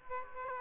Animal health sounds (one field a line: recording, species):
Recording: mosquito wingbeat signal from an infrared sensor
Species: Aedes aegypti